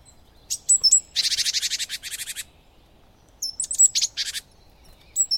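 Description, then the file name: Great tit churring calls: a fast buzzy rattle of about a dozen harsh notes, then a second shorter rattle, mixed with thin high whistled notes before and after. "Parus major"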